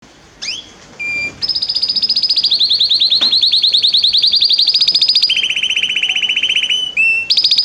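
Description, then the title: Canary starts with a few scattered short notes, then launches into a long, even, very fast trill that steps down in pitch and ends on a higher phrase. Male Belgian canary singing a lot; meant to warm up a young bird. "Esquente seu Filhote e Canrio Belga - Macho Cantando muito"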